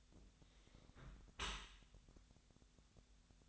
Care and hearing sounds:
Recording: daily activity, microphone in the room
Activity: close dishwasher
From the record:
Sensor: 3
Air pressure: 1006.6 hPa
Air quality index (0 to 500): 210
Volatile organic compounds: 20 ppm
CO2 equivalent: 2675 ppm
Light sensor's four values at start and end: 11/25/10/10 and 11/25/10/10

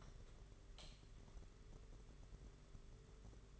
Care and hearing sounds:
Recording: daily activity, microphone in the room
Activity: light on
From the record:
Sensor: 4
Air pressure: 991.7 hPa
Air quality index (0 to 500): 99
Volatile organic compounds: 11 ppm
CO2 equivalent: 2314 ppm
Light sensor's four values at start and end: 7/16/6/6 and 9/25/9/11

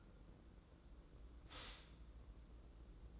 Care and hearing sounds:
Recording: daily activity, microphone in the room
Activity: stop toaster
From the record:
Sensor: 3

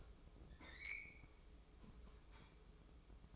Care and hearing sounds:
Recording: daily activity, microphone in the room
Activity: open fridge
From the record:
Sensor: 1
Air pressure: 995.3 hPa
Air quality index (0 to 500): 25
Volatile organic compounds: 1 ppm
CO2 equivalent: 504 ppm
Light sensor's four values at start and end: 15/53/19/20 and 16/53/19/20

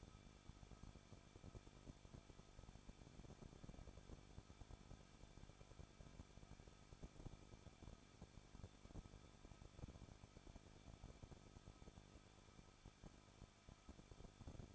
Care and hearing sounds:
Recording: daily activity, microphone in the room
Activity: no activity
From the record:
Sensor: 5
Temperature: 20.9 degrees Celsius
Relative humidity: 38.2%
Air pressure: 1006.4 hPa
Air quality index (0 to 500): 187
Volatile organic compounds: 18 ppm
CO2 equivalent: 2624 ppm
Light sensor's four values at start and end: 2/3/1/1 and 2/3/1/1

